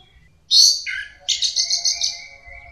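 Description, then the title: Bird song: a sharp high whistle drops to a lower note, followed by a rapid rattling trill held for about a second. "SuaraBurung Kicau"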